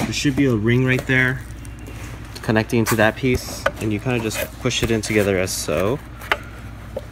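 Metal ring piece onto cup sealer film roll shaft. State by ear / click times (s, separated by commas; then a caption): seated / 6.3 s. A metal ring piece is pushed together with the connecting piece on the film roll shaft of a WCS-F99 fully automatic cup sealer while someone talks. A sharp short click at 6.3 s marks the ring locking into place.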